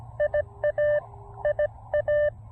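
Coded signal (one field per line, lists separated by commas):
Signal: Morse code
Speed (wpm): 19 wpm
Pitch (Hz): 590 Hz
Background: none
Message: IA IA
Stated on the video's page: One watt POTA CW activation, off-trail.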